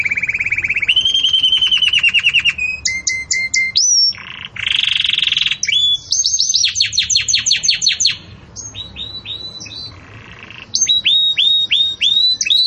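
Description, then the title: Canary song, a long varied run of rapid trilled tours, whistled notes and buzzy rolls shifting between pitches, with brief pauses between phrases. Belgian canary song used for teaching breeding chicks (encarte de filhotes); 'campainha' style. "Canto Do Canário Belga Campainha Para Encarte De Filhotes"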